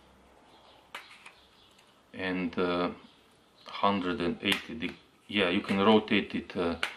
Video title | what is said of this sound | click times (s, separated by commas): nTOOBE #35: Parkside Cordless Screwdriver PAS 4 A1 Couchboxing | it locks in place like this and | 1.0 s